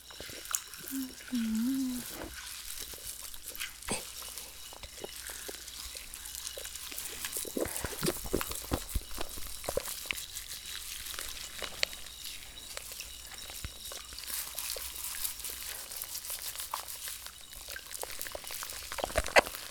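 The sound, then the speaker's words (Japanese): Carbonated shampoo fizzing on hair: a steady, dense crackle of tiny pops and hisses that runs the whole time, with a brief low humming tone near the start. “頭の中で炭酸がパチパチ弾けて気持ちいいですね。”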